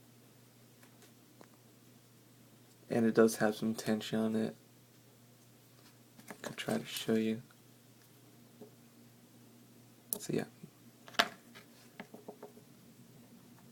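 Someone talks while handling a paper breech piece held under tension against the frame of a paper model of a 1911 pistol, producing bursts of rustling and scraping along with a few sharp taps near 10.1 s and 11.2 s. The breech piece has not seated or clicked into place yet.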